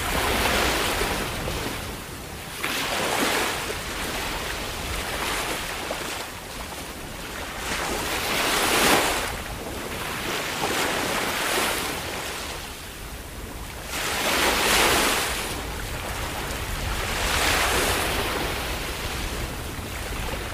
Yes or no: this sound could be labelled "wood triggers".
no